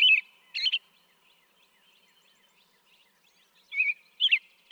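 American robin carol phrases, two at the start and two near the end, separated by quiet stretches with faint high notes.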